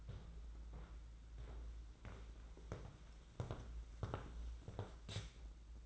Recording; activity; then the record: daily activity, microphone in the room; walk to room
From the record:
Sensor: 3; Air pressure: 992.0 hPa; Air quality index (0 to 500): 225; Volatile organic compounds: 1000 ppm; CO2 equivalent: 7743 ppm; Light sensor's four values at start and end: 26/77/31/26 and 16/45/19/15